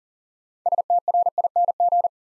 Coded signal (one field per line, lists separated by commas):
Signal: Morse code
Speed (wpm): 39 wpm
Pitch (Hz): 700 Hz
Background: none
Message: STRING